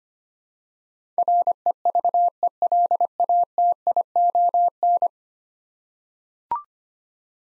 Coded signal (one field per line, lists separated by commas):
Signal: Morse code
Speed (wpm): 25 wpm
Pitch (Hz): 700 Hz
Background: none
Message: REVELATION